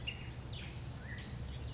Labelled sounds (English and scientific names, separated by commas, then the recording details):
Blue-gray Gnatcatcher (Polioptila caerulea)
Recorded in Sonoma County, California